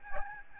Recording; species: mosquito wingbeat signal from an infrared sensor; Aedes albopictus